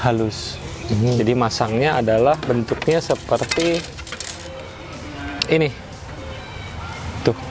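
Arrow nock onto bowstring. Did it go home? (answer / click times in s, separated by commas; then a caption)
yes / 4.2 s, 4.3 s. An archer fits the plastic nock of an arrow onto the bowstring and presses it until it snaps on, seated, with sharp clicks at 4.2 and 4.3 seconds. Someone talks before and after the clicks, and another short sharp sound is heard near the end.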